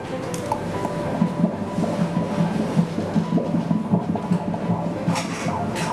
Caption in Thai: เสียงหัวใจเด็ก. หัวใจเด็กจะเต้นเร็วกว่าผู้ใหญ่2เท่าเพราะฉะนั้นจังหวะที่ได้ยินนี่คืออัตราปกติ.